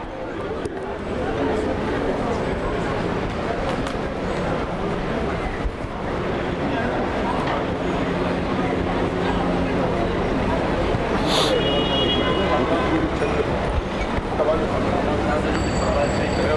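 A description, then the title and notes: A busy Paris street with a steady, dense murmur of voices and traffic, and a brief bright clatter near eleven seconds. Paris, Île de France, France.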